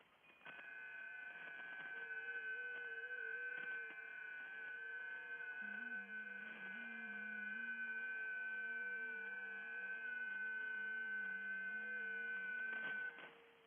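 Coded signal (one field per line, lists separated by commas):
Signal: FT8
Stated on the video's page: Real over-the-air FT8 or JS8Call on 40m via an NVIS dipole, live stream, not SDR or simulation.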